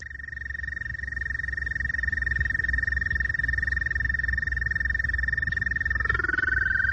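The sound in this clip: Toad trill, a sustained rapid pulsed tone at steady pitch, with a second slightly lower trill joining near the end over a low background rumble.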